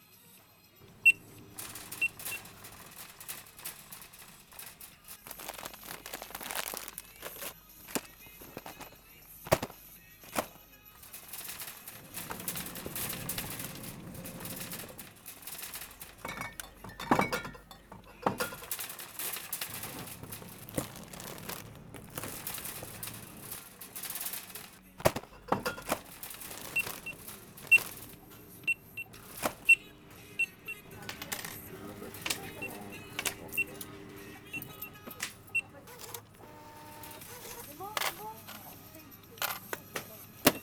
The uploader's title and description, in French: A la supérette. Bruit d'ambiance du quotidien: les courses dans une supérette de centre ville.